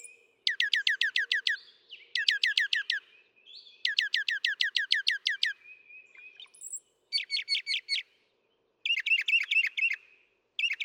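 Northern mockingbird song: fast bursts of down-slurred notes repeated in three runs, then shorter repeated phrases.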